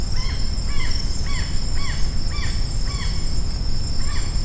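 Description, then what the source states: Blue-naped parrot calling: a steady series of harsh, arching squawks roughly twice a second, with continuous high-pitched insect drone and low background rumble. Recorded on Maratua.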